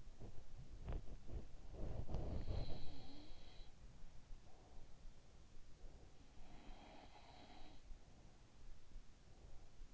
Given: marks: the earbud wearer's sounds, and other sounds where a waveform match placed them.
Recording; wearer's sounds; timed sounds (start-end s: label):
sounds in sleep by an in-ear microphone; body movement
0.00-3.03 s: body movement
2.23-5.00 s: sound from someone else or the room
5.77-8.71 s: sound from someone else or the room